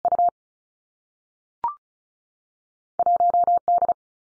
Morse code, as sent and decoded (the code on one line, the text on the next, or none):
..- / .---- / -..
U 1 D